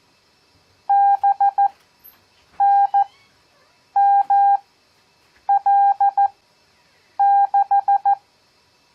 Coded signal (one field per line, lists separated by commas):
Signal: Morse code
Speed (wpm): 14 wpm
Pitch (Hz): 800 Hz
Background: none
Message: BNML6